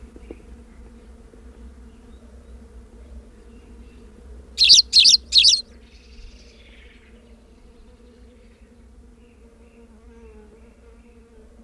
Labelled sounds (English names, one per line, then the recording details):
Spanish Sparrow call
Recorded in the wild
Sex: male
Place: Albesti, Transilvania, RO
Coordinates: 46.258, 24.86
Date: 1973-04-28 09:05
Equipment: Nagra III BH, Sennheiser MD 21, parabola
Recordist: Schubert, Michael